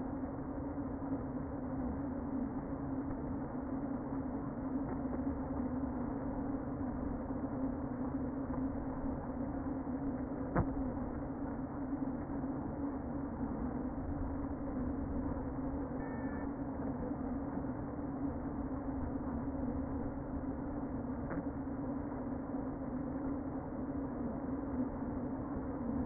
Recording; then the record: honeybee colony, microphone inside the hive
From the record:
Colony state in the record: queen present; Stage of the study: before two queens were removed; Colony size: about 60,000 bees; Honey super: yes